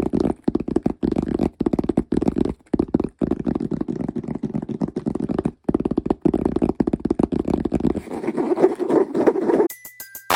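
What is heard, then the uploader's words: Fast, aggressive tapping and scratching fills the clip, dense, with a warm low-mid thud under rapid irregular strokes and brief silent gaps. After about eight seconds the sound turns rougher and scrapier, then cuts off near the end with a short ding-like tone. ASMR LOFI Fast & Aggressive Tapping & Scratching (No Talking).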